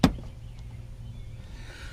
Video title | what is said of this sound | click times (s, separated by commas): 2015+ STi JDM Rear Aero Splash Guard Installation | So once that is snapped in, I'll try to get a little bit of a better view for you. | 0.0 s